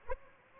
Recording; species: mosquito wingbeat signal from an infrared sensor; Aedes aegypti